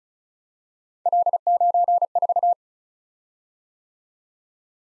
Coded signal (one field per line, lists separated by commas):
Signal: Morse code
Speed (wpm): 36 wpm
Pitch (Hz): 700 Hz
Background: none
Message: L94